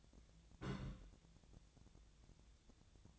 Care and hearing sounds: daily activity, microphone in the room; place on stove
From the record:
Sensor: 3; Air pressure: 1009.9 hPa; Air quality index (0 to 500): 188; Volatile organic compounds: 14 ppm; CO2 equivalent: 2445 ppm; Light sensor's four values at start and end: 42/104/45/48 and 42/104/45/48

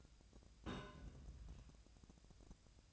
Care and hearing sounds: daily activity, microphone in the room; place on stove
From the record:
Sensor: 2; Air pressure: 999.8 hPa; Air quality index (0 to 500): 123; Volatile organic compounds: 2 ppm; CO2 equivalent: 1063 ppm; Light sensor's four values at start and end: 34/84/37/41 and 34/84/37/41

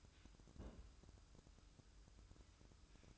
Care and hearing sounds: daily activity, microphone in the room; place on stove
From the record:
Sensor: 2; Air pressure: 1008.0 hPa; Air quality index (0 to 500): 110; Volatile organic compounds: 1 ppm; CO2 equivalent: 823 ppm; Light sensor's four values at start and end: 6/15/6/6 and 6/15/6/6

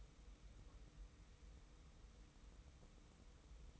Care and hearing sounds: daily activity, microphone in the room; wipe stove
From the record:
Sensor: 1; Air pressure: 990.4 hPa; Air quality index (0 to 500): 180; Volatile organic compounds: 1000 ppm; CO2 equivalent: 6649 ppm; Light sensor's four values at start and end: 31/72/31/33 and 31/71/31/33

